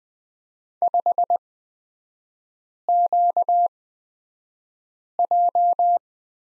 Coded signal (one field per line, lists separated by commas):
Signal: Morse code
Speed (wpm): 20 wpm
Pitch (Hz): 700 Hz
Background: none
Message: 5QJ